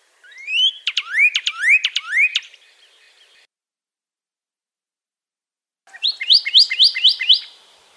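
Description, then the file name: Pyrrhuloxia song: a run of several rising whistled slurs in quick succession, then a pause and a second series of higher, shorter upslurred notes. Compilation of several recordings. "suara burung pyrrhuloxia omkicau"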